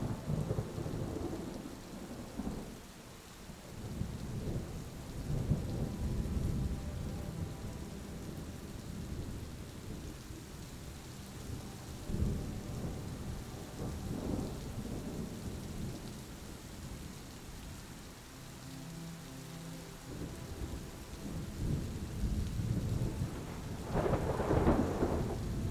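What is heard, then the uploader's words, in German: Low, rolling thunder rumbles through most of the clip, swelling in heavy waves near the start, around 5 and 12–14 seconds, and again in a strong burst near 25 seconds. A soft hiss of rain runs underneath, and faint sustained musical tones surface quietly around 18–21 seconds. Sanfte Grollen des STURMS, Harmonisiert mit MUSIK.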